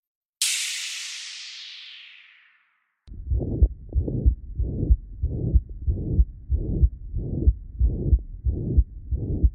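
Adult heart by stethoscope at the apex: a holosystolic murmur, flat or plateau-shaped, a regurgitant lesion consistent with mitral regurgitation in a patient who might have endocarditis.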